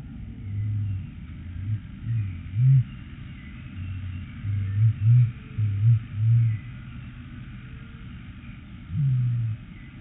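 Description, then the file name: Blue-billed curassow, deep low booming notes, short humming pulses repeated in an irregular series over steady background rumble. "Blue billed Curassow Crax alberti"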